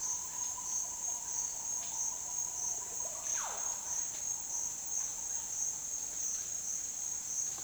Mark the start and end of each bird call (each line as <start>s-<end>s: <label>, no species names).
3.08s-3.68s: bird call